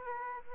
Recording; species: mosquito wingbeat signal from an infrared sensor; Aedes aegypti